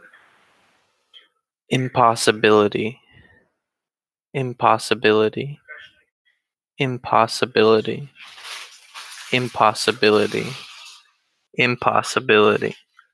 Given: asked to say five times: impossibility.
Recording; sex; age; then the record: repeated word; male; 20 to 29 years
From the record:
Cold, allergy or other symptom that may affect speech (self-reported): no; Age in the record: 29 years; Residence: Pennsylvania, United States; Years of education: 12